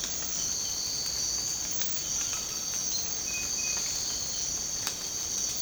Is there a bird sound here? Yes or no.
no